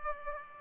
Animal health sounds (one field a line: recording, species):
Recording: mosquito wingbeat signal from an infrared sensor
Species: Aedes aegypti